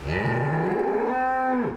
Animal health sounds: contact call of a hoofed animal; cattle; low-frequency (closed-mouth) or high-frequency (open-mouth) call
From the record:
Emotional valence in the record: negative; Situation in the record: full separation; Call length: 1.77 s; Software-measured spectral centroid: 1190 Hz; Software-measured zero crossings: 1360 a second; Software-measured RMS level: -24 dBFS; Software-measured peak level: -14 dBFS

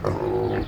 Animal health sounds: contact call of a hoofed animal; wild boar; grunt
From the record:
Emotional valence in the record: negative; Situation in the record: naturally occurring agonistic interactions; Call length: 0.68 s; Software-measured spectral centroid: 1420 Hz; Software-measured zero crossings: 1000 a second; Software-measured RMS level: -24 dBFS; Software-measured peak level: -10 dBFS

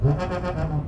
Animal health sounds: contact call of a hoofed animal; goat; low-frequency (closed-mouth) or high-frequency (open-mouth) call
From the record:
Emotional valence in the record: positive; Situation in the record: food anticipation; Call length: 0.88 s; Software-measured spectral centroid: 1220 Hz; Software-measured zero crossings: 720 a second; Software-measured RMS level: -24 dBFS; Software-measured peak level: -10 dBFS

